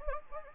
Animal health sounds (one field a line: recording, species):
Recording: mosquito wingbeat signal from an infrared sensor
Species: Anopheles gambiae